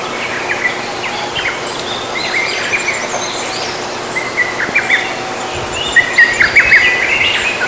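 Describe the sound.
Bird calls: several short chirps and whistled notes, some in quick runs, scattered over a steady background hiss, with a brief louder burst of chirping near the end.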